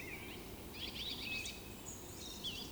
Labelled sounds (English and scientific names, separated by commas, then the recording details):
Eurasian Woodcock (Scolopax rusticola) whistle
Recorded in Baden-Württemberg, Germany, on 28 May 2020 at 19:34 UTC
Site 31917, 145 m above sea level